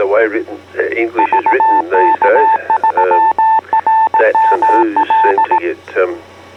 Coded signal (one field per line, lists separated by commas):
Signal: Morse code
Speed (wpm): 18 wpm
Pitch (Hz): 890 Hz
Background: speech, radio noise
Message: VK3RML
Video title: Melbourne EasyPal Net 10 Feb 2022